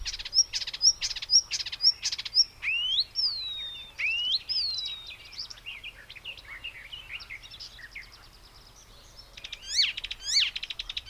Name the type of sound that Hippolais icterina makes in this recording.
song